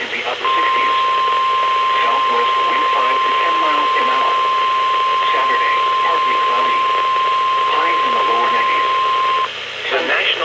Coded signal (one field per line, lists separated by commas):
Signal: Emergency Alert System (SAME) tones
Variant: 1050 Hz attention tone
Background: speech